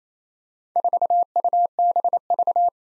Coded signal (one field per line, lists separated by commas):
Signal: Morse code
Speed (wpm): 28 wpm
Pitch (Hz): 700 Hz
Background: none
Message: 4UBV